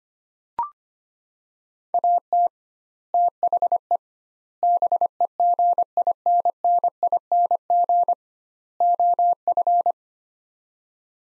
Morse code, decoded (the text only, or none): AT THE BEGINNING OF